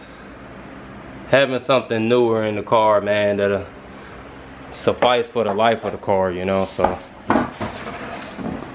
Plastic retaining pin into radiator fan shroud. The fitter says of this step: yeah, so this right here will be where that pin goes that I just took out. Boom, snaps back in.